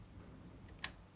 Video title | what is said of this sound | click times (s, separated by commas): Epson WF-2910 Printer: How to Install Ink Cartridges | and then you'll hear that click. | 0.8 s